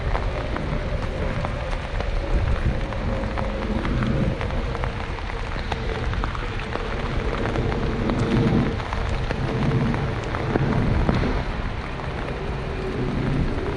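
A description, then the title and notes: Rain falls steadily while someone walks in Central Park, a dense, even hiss with scattered sharper drip ticks throughout. A low rumble runs underneath, swelling around eight and eleven seconds, and a faint steady tone hums in the background. Caminhando na chuva no Central Park em Manhattan Nova York. NYC Nature Rain Sounds.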